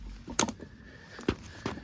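A tractor tire's rubber bead is being popped onto its steel rim, with a loud, sharp pop-like hit at 0.4 s. Two softer thuds follow around 1.3 s and 1.7 s. The bead only partly seats and is still not seated in one spot.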